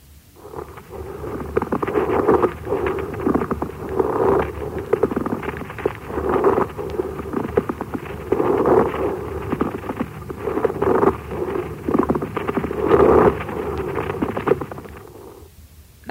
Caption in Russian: Шум трения плевры возникает при наличии неровности, шероховатости плевральных листков и сохраненной их подвижности друг относительно друга. Шум трения плевры представляет собой прерывистый звук непостоянной интенсивности. Он выслушивается в обе фазы дыхания, изменяется при надавливании фонендоскопом на грудную клетку, а при покашливании не изменяется.